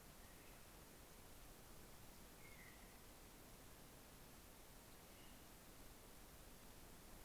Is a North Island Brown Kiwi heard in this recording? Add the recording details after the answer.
no. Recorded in New Zealand on 11 December 2011. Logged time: 00:58. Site DD66